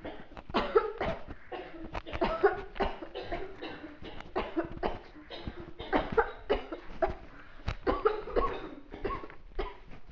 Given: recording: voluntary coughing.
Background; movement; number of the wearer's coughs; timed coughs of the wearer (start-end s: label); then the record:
a bystander coughing; walking; 14
0.53-0.90 s: cough
0.98-1.17 s: cough
2.19-2.56 s: cough
2.77-3.13 s: cough
3.23-3.62 s: cough
4.33-4.72 s: cough
4.81-5.09 s: cough
5.90-6.39 s: cough
6.48-6.83 s: cough
6.99-7.28 s: cough
7.84-8.25 s: cough
8.33-8.71 s: cough
9.02-9.40 s: cough
9.57-9.80 s: cough
From the record:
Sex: female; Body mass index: 18.8 kg/m2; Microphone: on the chest, facing outward